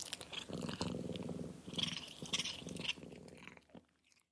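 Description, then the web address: Domestic cat purring in pulsing bursts, mixed with sharp crunching and chewing sounds that fade out near the end. Domestic cat purring while eating pet food. "zvuci na hrana za domasni lubimci kotka mrka i ade hrana"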